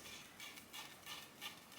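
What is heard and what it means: A short handle extension is pushed up into a small plastic garden shovel tool and lined up before being twisted to lock, making light scraping and rubbing sounds with a few brief bursts around 0.4, 0.8, 1.1, 1.5 and 1.8 seconds. Nothing has clicked or locked yet in this stretch.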